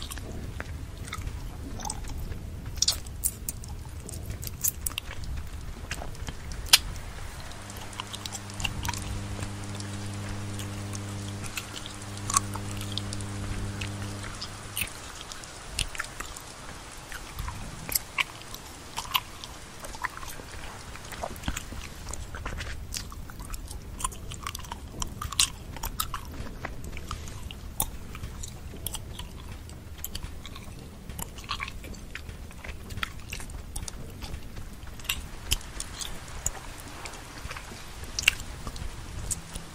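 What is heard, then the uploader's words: Gum chewing with frequent wet smacks and clicks throughout, and a low steady hum between about eight and fifteen seconds. OXENFREE PT 4 No Commentary | ASMR GUM CHEWING GAME Walkthrough.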